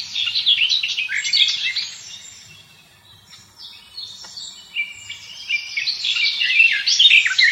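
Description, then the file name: Garden warbler pouring out a fast, musical warble in two long phrases split by a quieter middle section, with faint background noise throughout. "slavka sadovaja"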